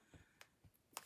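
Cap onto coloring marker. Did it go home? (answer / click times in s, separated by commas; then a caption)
yes / 1.0 s. A cap is pressed onto a plastic coloring marker and snapped on until it clicks. Soft low thumps and a brief tick at 0.4 s come before a sharp snap at 1.0 s as the cap seats on the marker.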